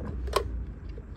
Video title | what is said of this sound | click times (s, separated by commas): Gtech AirRam K9 Mk2 vacuum cleaner - Review & Demonstration | back into your bin or the shroud, clicks into place, and | 0.4 s